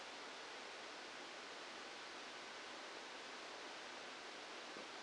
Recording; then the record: brain microelectrode recording played as sound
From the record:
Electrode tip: outside the subthalamic nucleus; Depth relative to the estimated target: -4 mm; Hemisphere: left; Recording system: NeuroSet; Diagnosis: Parkinson's disease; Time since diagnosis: 14 years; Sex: male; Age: 51 years